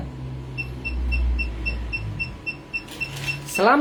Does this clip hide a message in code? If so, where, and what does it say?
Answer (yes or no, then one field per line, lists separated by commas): no